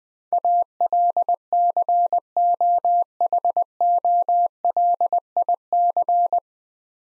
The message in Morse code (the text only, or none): ALCOHOLIC